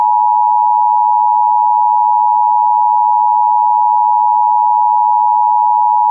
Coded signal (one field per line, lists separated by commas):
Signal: Emergency Alert System (SAME) tones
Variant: 853 and 960 Hz attention tone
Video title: EAS Child Abduction Emergency (AMBER Alert) Montgomery, Alabama Statewide Alert